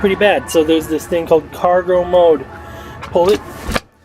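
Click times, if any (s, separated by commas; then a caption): none. Someone talks while handling the cargo-mode release on a folding second-row seat of a 2010 Ford Explorer Limited SUV, about to drop the seat into its folded cargo position. Nothing has seated or clicked yet, and the clip ends just before the seat latches into place.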